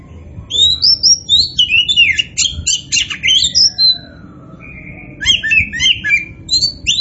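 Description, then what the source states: Oriental magpie-robin song: loud, rich whistled phrases and quick chattering notes in a dense run, a brief pause, then another lively burst. Bird in full, energetic song, described by the Indonesian term gacor; the bird is identified as a kacer poci.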